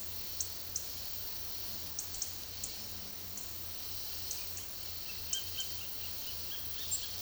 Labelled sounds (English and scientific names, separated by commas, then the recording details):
Roadside Hawk (Rupornis magnirostris)
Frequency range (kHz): Roadside Hawk (Rupornis magnirostris) 1.4-3.9 kHz
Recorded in secondary vegetation near Puerto Asís, Putumayo, Colombia, on 18 February 2024 at 11:00
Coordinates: 0.500, -76.326
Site G6428